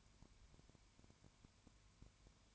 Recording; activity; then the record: daily activity, microphone in the room; no activity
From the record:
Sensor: 2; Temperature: 20.0 degrees Celsius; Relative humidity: 32.0%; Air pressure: 1001.2 hPa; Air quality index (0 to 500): 55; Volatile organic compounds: 1 ppm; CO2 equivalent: 604 ppm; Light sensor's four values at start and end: 2/3/2/2 and 2/3/2/2